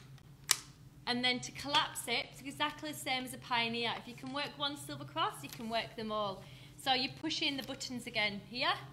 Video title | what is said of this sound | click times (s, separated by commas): Baby Bunting Live Series - Episode 12 - Silver Cross | so you just click that down there and that locks those different wheels like that and then | 0.5 s